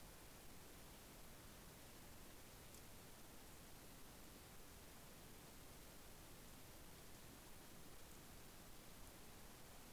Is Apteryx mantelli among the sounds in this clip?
no